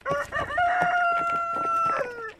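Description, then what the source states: Chicken (rooster) crowing: a short stuttering start, then one long, steady, clear note that dips and fades at the end. Rooster (male) crowing.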